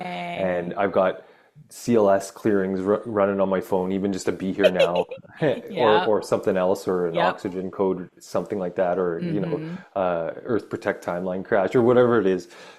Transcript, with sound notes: And I've got CLS clearings ru- running on my phone, even just to be here now.
(laughs) Yeah.
Or, or something else, or-
Yeah.
... an oxygen code, something like that.
Mm-hmm.
Or, you know, uh, earth protect timeline crash, or whatever it is.